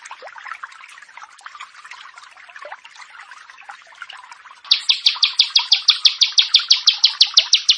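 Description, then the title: Bar-winged prinia: soft twittering at first, then a sudden loud run of rapid, high, sharp notes repeated evenly to the end. "Ciblek Sawah"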